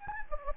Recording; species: mosquito wingbeat signal from an infrared sensor; Anopheles gambiae